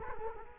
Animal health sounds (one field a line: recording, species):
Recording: mosquito wingbeat signal from an infrared sensor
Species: Culex quinquefasciatus